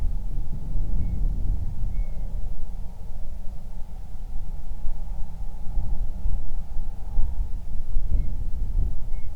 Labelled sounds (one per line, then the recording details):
bird
wind
man-made sound
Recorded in the Prudhoe Bay oil fields, Alaska, on 31 July 2019 at 07:42
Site 24